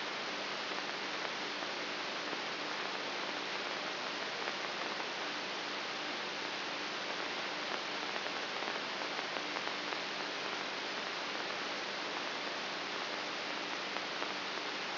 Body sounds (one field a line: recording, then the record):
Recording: brain microelectrode recording played as sound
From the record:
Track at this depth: inside the subthalamic nucleus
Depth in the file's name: 5.24 mm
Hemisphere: right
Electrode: 3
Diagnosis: Parkinson's disease